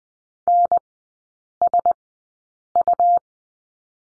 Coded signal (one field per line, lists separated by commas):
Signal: Morse code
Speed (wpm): 20 wpm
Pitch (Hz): 700 Hz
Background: none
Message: NSU